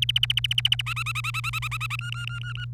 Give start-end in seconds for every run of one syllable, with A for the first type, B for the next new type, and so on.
0.02-0.82 A, 0.86-1.96 B, 1.99-2.65 C